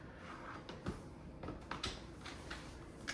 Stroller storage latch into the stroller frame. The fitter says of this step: I like how it just clicks in place.